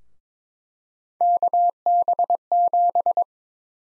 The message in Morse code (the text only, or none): KB7